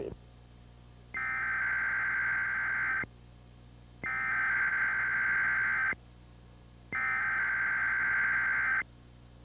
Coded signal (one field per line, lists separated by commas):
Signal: Emergency Alert System (SAME) tones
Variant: header bursts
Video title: Your Husband Is My Baby’s Father! (EAS Test)